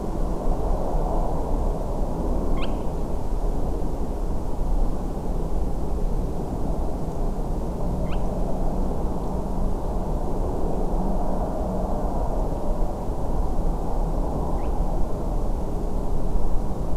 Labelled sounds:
Spotted Crake
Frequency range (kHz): Spotted Crake 1.0-4.9 kHz
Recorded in France

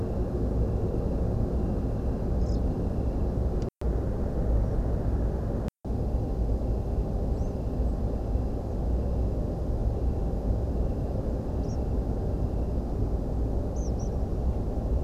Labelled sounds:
European Pied Flycatcher
Tree Pipit
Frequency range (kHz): European Pied Flycatcher 3.2-8.3 kHz
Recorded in France

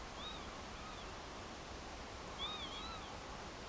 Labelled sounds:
Northern Lapwing
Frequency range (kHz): Northern Lapwing 1.1-4.1 kHz
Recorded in France

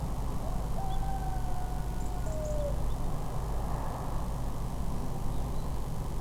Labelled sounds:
unidentified animal sound
unidentified bird
European Robin
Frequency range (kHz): unidentified bird 3.0-3.8 kHz; European Robin 5.1-9.9 kHz
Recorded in France

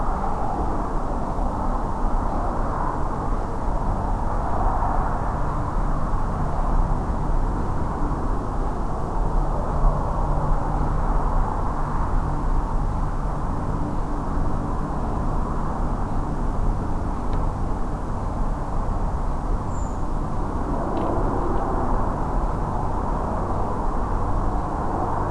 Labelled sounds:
Redwing
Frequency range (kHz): Redwing 6.6-8.0 kHz
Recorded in France

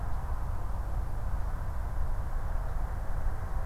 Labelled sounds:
none
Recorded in France

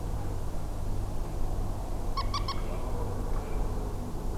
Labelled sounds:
Common Moorhen
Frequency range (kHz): Common Moorhen 0.7-10.5 kHz
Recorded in France

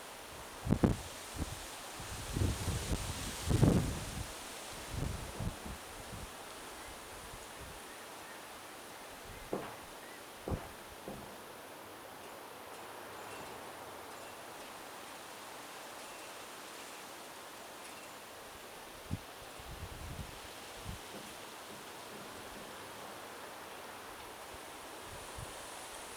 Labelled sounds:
Mallard
Song Thrush
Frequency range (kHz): Mallard 1.5-2.2 kHz; Song Thrush 6.6-6.9 kHz
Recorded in France

